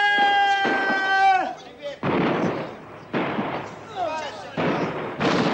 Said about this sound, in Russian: Красные бросают гранату.